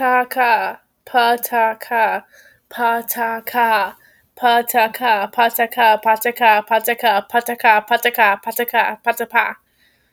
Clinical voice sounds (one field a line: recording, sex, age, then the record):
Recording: repeated syllables /pa ta ka/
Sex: female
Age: 20 to 29 years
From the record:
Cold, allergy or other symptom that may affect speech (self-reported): no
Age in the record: 23 years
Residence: Indiana, United States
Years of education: 12